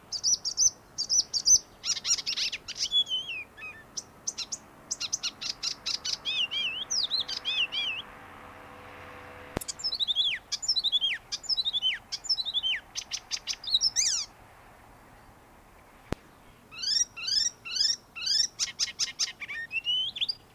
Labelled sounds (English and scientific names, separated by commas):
Icterine Warbler (Hippolais icterina)